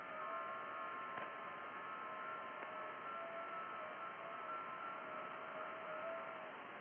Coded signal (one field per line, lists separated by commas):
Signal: FT8